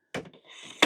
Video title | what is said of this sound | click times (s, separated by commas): Safety and Orientation - Vacuums | and it'll lock in place for you. | 0.8 s